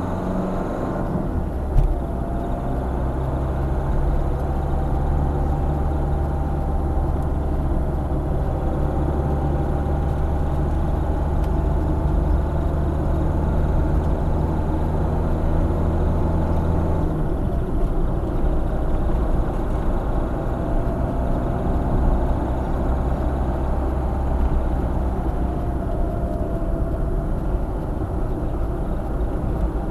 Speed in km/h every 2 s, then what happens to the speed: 48, 49, 52, 50, 52, 55, 58, 59, 58, 58, 61, 66, 66, 55, 56.
0-7 steady at about 49. 7-13 speeds up to 59. 17-21 speeds up to 66. 21-25 slows to 55.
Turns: none.